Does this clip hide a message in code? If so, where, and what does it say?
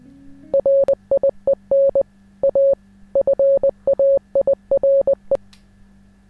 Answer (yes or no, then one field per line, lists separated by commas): yes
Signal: Morse code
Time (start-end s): 0.5-5.4 s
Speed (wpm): 20 wpm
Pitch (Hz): 550 Hz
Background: none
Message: RIEN A FAIRE